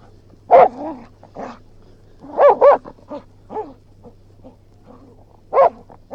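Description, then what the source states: Springer spaniel barking: loud, sharp barks in short bursts, some close together, with softer sounds between, over a steady low hum. Springer spaniel barking, growling and panting.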